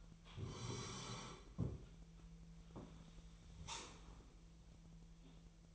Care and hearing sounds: daily activity, microphone in the room; sit down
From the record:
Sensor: 1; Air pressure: 1002.0 hPa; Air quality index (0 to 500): 242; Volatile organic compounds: 106 ppm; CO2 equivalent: 3794 ppm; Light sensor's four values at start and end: 10/24/10/11 and 10/24/10/12

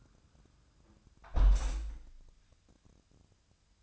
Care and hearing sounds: daily activity, microphone in the room; close window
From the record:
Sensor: 2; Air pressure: 1004.5 hPa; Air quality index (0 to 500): 105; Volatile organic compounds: 2 ppm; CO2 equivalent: 1260 ppm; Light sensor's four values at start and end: 6/14/6/6 and 6/14/5/6

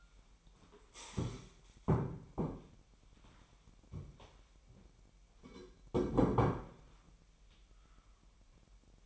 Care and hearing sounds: daily activity, microphone in the room; stand up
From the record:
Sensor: 1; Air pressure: 998.6 hPa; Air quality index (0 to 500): 122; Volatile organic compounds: 3 ppm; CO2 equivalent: 1465 ppm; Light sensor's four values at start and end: 9/22/9/11 and 9/21/9/10

